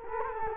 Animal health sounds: mosquito wingbeat signal from an infrared sensor; Culex quinquefasciatus

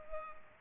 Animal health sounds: mosquito wingbeat signal from an infrared sensor; Culex pipiens

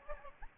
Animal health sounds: mosquito wingbeat signal from an infrared sensor; Aedes albopictus

